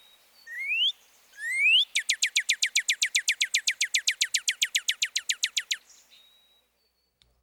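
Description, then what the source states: Northern Cardinal song: two rising, upslurred whistles followed by a long, rapid, even series of short repeated notes. Upslurred 'wheat' vocalization.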